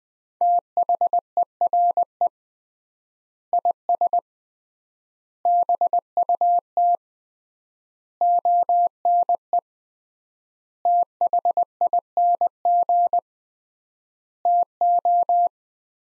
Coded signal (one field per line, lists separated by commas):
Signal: Morse code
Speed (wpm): 20 wpm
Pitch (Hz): 700 Hz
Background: none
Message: THERE IS BUT ONE THING TO